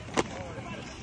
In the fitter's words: two clicks. Very easy.